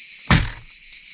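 A plastic cover over a sliding camper door's roller guide is pushed along the guide rail until its interlocking tabs engage at the top. A single sharp snap at 0.3 s shows the cover seating into place, over a steady high-pitched background hiss.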